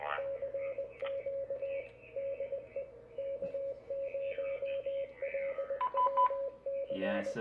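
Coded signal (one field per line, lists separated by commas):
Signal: Morse code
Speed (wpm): 20 wpm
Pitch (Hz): 550 Hz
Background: speech, radio noise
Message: CQ DE K0LWC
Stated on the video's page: Sunday night CW on the 40 m band.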